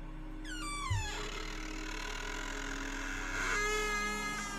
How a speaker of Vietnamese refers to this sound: anh thấy cánh cửa phòng đang chậm chậm mở ra. Cái bản lề cũ kỹ lâu ngày rít lên những tiếng kẽo kẹt.